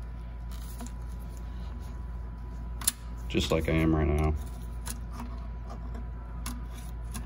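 Someone pulls the small retainer clips on the intercooler pipe coupling of a WCFab 3.5-inch passenger-side intercooler pipe for a 2017-2019 2500/3500 L5P Duramax, trying to make them lock open in the black plastic housing. Faint handling taps and a sharp tick near 2.9 s sit over a steady low hum, and someone talks briefly around 3.3–4.4 s. The retainers fail to lock open, and nothing has seated or clicked yet.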